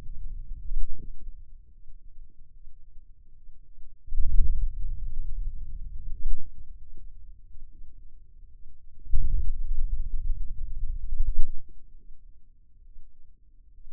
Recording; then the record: forearm muscle sounds (acoustic myography)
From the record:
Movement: hand opening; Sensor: system 2, bracelet of six BSWA MPA416 microphones around the upper forearm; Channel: 5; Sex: male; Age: 22 years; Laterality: right